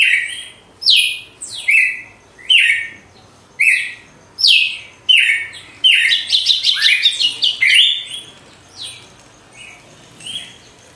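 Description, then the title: Red-cowled cardinal song: a series of clear, downslurred whistled phrases about once a second, building into a quick chattering trill before fading. Female; recorded after the moult; contest (disputa) bird. "Canto Galo Campina Fêmea. GALO DE CAMPINA DEPOIS DA MUDA (disputa)"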